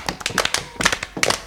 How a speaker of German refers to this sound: Ja, ich kann mit den Füßen trampeln. Das machen wir jetzt alle mal. Oh ja. Und dazu in die Hände klatschen.